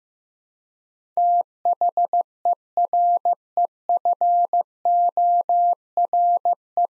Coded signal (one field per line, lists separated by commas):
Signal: Morse code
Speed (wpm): 15 wpm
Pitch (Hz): 700 Hz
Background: none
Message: THEREFORE